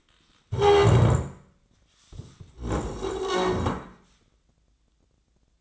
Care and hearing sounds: daily activity, microphone in the room; stand up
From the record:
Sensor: 3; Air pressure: 1012.3 hPa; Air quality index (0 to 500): 174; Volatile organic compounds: 3 ppm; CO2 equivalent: 1338 ppm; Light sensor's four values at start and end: 98/243/107/137 and 63/157/70/76

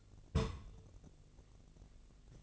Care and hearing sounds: daily activity, microphone in the room; place on stove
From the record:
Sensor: 4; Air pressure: 1000.1 hPa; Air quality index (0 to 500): 224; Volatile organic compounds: 27 ppm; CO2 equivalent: 2888 ppm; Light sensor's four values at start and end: 9/20/8/7 and 9/20/8/7

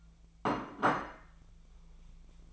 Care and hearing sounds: daily activity, microphone in the room; place plate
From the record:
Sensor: 1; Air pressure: 1000.3 hPa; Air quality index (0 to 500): 144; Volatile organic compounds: 3 ppm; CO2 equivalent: 1352 ppm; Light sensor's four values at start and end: 30/73/31/37 and 30/74/31/37

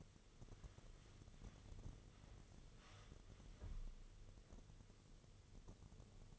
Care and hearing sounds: daily activity, microphone in the room; wipe stove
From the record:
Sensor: 4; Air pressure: 1016.0 hPa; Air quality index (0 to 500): 132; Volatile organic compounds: 3 ppm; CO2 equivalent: 1492 ppm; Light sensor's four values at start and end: 9/19/7/7 and 8/19/7/7

